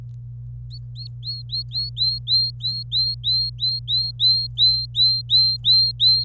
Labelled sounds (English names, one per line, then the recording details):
Domestic Canary song
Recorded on 25 April 2018 at 16:32
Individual llb3